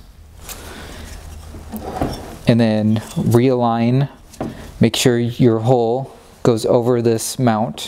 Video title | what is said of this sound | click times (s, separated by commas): How to Replace Tesla Model 3 OEM LED Ballast and Turn Signal/Light Bar LED Controller | it down till it snaps and then | 1.8 s